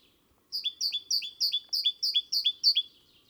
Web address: SETE data Parus major